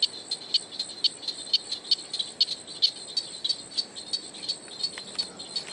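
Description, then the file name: Wallum froglet calls: many sharp, high tinks in quick succession over a steady background hiss. "crinia tinnula"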